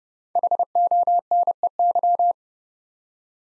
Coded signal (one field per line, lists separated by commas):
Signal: Morse code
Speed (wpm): 30 wpm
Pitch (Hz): 700 Hz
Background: none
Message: HONEY